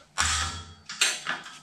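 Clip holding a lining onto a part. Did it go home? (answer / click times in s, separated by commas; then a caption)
yes / 0.2 s, 1.0 s. A clip that holds a lining onto a part is pressed home with small pliers while the lining is held against the part. Sharp snaps are heard at 0.2 s and 1.0 s, with softer mechanical creaks and clicks around them. The clip seats easily and is secured.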